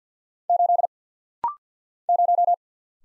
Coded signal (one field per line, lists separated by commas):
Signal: Morse code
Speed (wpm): 50 wpm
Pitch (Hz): 700 Hz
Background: none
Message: 8 0